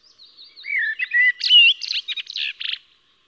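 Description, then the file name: Common blackbird song: soft whistled intro, rich warbling fluted notes, then a burst of thin, scratchy twittering ending in a buzzy trill. "Turdus merula"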